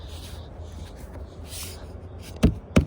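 A part of a Polaris Sportsman 570 ATV, the seat or a cover panel, is pushed back down into its mount after soft rubbing and handling sounds. A sharp knock lands at 2.4 s, then a clean click at 2.8 s as the panel seats back in place.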